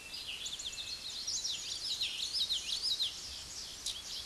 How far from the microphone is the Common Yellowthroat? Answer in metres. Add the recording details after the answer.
about 5 m. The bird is about 5 m above the microphone. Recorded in a Pennsylvania forest on 16 May 2024 at 06:29. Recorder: AudioMoth, point MSD-0079. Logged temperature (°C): 16.1 °C. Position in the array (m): 156 m, 85 m